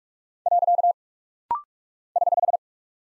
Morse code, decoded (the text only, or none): . <HH>